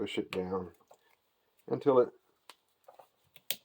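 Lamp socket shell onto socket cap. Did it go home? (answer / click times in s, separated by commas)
yes / 3.5 s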